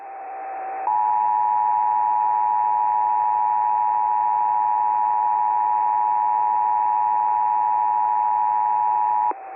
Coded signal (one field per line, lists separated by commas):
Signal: Emergency Alert System (SAME) tones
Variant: 853 and 960 Hz attention tone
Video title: EAS # 1017-1034: "You gotta hear this, I'm serious- (Same Header)" (Alerts of May 2022)